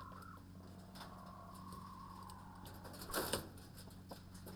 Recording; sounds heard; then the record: poultry house recording; sick chickens (respiratory disease)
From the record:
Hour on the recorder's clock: 22